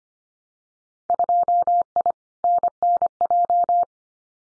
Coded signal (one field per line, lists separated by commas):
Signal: Morse code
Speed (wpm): 25 wpm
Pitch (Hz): 700 Hz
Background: none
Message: 2I NNJ